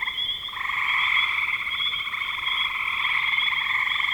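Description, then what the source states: Frogs produce a shrill pulsing chorus that swells in after a brief quieter start, then holds as a dense, unbroken trill. Recorded in spring 2025.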